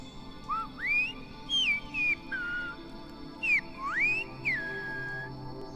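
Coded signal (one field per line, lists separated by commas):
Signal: whistled language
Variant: Silbo Gomero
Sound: a loud human whistle gliding up and down in short speech-like phrases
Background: faint background hum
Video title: "El Silbo" and the Whistling Shepherds of La Gomera (Canary Islands, Spain)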